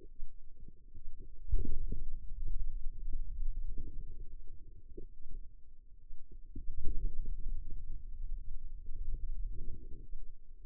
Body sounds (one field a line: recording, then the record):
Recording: forearm muscle sounds (acoustic myography)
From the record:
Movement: finger pinch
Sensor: system 2, bracelet of six BSWA MPA416 microphones around the upper forearm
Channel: 5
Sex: female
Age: 25 years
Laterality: right